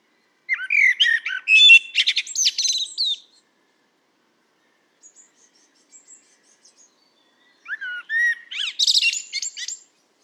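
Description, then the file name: Common blackbird song: a long phrase of mellow fluting mixed with scratchy high twitters, soft faint notes during the pause, then a second similar phrase. "Turdus merula"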